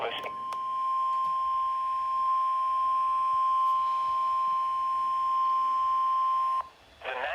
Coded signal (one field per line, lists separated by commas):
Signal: Emergency Alert System (SAME) tones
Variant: 1050 Hz attention tone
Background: speech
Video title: NEVER ENDING FLOODING!!! (EAS Alerts from 11/11/20-11/12/20 EAS #54-78)